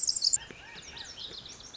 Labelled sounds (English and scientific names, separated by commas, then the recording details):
Pacific Wren (Troglodytes pacificus)
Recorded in Sonoma County, California